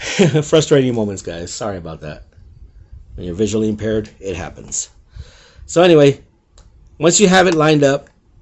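A plastic label tape cassette is being lined up in the compartment of a plug-and-play USB label maker while a man talks, with a few faint handling and clicking sounds between his words. Nothing has seated or clicked into place yet.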